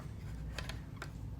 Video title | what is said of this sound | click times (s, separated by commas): GI Joe 2005 Moray Hydrofoil unboxing, build and review. | force that snap snap snap snap and it goes right in | 0.6 s, 0.7 s, 1.0 s